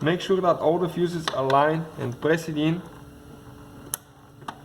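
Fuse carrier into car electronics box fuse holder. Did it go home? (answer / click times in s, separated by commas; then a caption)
yes / 3.9 s. Someone talks, then a plastic fuse carrier, with its fuses lined up, is pressed into the fuse box in the engine bay electronics box of a BMW E90/E92/E93 3-Series during a VANOS fuse replacement for a rough idle. A sharp click at 3.9 s marks the carrier seating, followed by two fainter ticks. The fuse carrier is seated in the fuse box.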